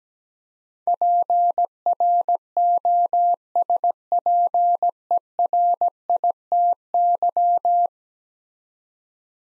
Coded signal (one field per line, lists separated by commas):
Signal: Morse code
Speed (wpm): 17 wpm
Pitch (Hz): 700 Hz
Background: none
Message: PROSPERITY